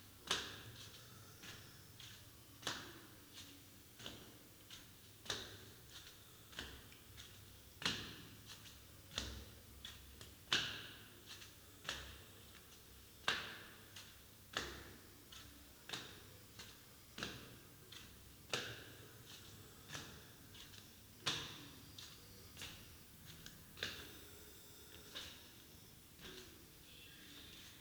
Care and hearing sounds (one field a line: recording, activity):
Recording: daily activity, guitar pickup as the sensor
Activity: go upstairs